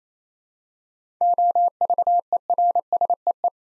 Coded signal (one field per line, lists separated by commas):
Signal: Morse code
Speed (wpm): 27 wpm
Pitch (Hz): 700 Hz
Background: none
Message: OVERSEE